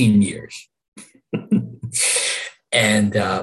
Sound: laughs

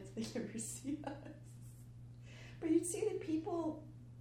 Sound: laughs

